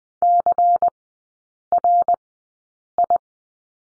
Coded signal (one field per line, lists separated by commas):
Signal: Morse code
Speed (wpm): 20 wpm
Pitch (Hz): 700 Hz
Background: none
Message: CRI